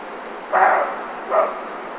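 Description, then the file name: Roe deer barking, two short hoarse barks about three quarters of a second apart, over a steady faint hiss. "chevreuil"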